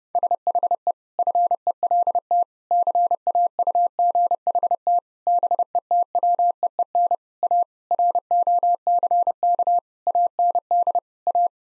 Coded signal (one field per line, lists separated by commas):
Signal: Morse code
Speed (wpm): 30 wpm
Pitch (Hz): 700 Hz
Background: none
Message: SHE FELT CAUGHT BETWEEN A ROCK AND A